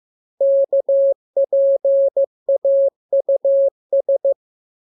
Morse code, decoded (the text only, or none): KPAUS